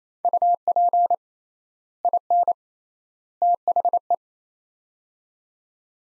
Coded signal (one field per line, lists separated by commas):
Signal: Morse code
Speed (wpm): 28 wpm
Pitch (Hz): 700 Hz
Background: none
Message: UP IN THE